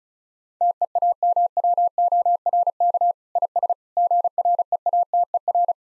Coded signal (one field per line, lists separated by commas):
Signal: Morse code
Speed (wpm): 34 wpm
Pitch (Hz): 700 Hz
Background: none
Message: TEAMWORK IS GREATER